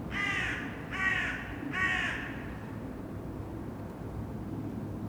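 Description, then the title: Crow giving three harsh, hoarse caws about a second apart, then falling silent, over a low steady background rumble. Saint-Gilles, Belgium; recorded with Sony PCM-D100 internal microphones set to wide position. "Saint-Gilles, Belgique - Crows - corneilles"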